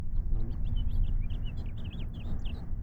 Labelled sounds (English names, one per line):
House Finch song